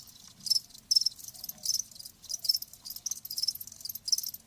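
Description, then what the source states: Crickets chirping in short high bursts. Live crickets chirping.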